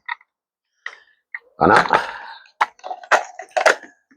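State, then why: Seated. The plastic lid of a pull-cord mini chopper, which had not been fitted, is pushed onto the bowl so it clips and locks, with sharp clicks at 0.9 s and 1.4 s. Louder handling noise and further sharp knocks follow while someone talks. The lid is seated and locked.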